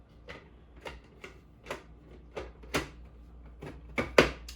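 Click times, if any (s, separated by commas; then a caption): 4.2 s. The lid with its locking mechanism is put back on an electric ice cream maker base after the mix-ins are scraped out. A series of short knocks and clatters builds to the loudest sharp click at 4.2 s as the lock catches. The lid is seated and locked in place.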